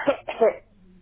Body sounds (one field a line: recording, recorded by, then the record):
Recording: voluntary cough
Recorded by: telephone call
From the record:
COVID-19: positive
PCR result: checked with the laboratory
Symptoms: no